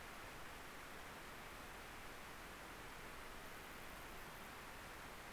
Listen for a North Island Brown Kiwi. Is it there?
no